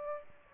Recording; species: mosquito wingbeat signal from an infrared sensor; Aedes aegypti